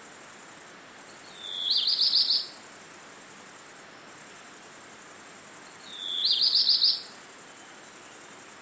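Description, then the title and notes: Great Green Bush-cricket song, a continuous very high-pitched rasping hiss with a few brief breaks; two short chirping bursts of another, lower sound are heard over it. First of the year, several singing in late afternoon in Virginia creeper covering a house, 700 m altitude, Fourcinet, Drôme, France, 9 July 2018; heard from a balcony. "Fourcinet - Drôme. Rencontre avec les premières Grandes Sauterelles vertes"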